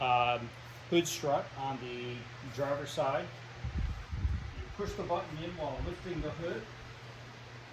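Someone talks while pressing the red button on the driver-side hood strut of a Mercedes C32 AMG W203, lifting the hood toward its near-vertical service position to get more room to work during an oil change. A steady low hum runs underneath, with a few dull low-frequency bumps around 3.7–4.3 s as the hood is handled. The strut's service-mode latch has not clicked into place yet.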